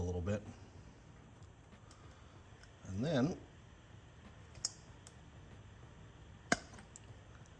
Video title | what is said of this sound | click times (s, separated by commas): Installing custom intercooler tubing on my boosted Silverado - Desperado | Pops right in. | 6.5 s